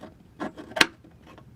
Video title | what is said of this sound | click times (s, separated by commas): SIDE STEPS For A CHEVY SILVERADO! (HAVOC OFFROAD HS2) | And it just kind of snaps right in there. | 0.8 s